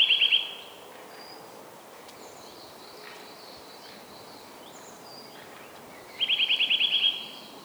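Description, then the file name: Eurasian nuthatch trills, quick series of sharp high notes at the start and again near the end, with faint other bird notes and steady background noise between. "Sitta europaea"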